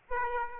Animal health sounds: mosquito wingbeat signal from an infrared sensor; Aedes aegypti

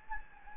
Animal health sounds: mosquito wingbeat signal from an infrared sensor; Anopheles gambiae

